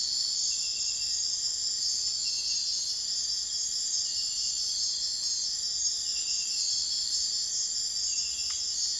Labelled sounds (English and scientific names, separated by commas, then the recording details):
none
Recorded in secondary vegetation near Puerto Asís, Putumayo, Colombia, on 22 June 2025 at 03:00
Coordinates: 0.485, -76.322
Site GP06